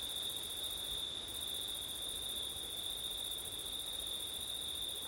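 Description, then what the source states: Crickets trilling in a steady, continuous high chorus without pause, with a soft hiss of wind underneath. Crickets at night in September, with wind; recorded with an ORTF stereo setup (given as 'ortif').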